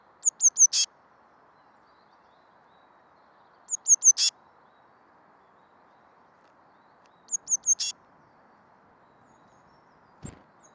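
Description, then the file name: Eurasian blue tit calling three times, every three to four seconds, each a run of three high thin notes ending in a brief scratchy buzz; a single click near the end. "Cyanistes caeruleus"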